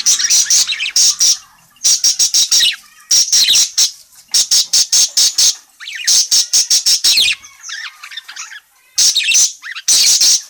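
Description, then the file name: Parakeet calls in rapid, harsh squawking runs, each burst a quick string of scratchy notes separated by brief pauses, continuing steadily throughout. Calling vigorously and often ('gacor'). "suara burung parkit gacor memanggil"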